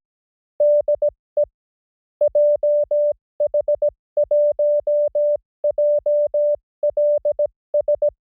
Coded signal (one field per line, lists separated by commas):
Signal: Morse code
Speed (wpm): 17 wpm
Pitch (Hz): 590 Hz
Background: music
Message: DE JH1JLS